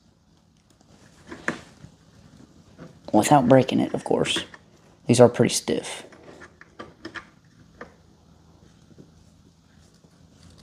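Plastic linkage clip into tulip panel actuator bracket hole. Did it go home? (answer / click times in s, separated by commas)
no / none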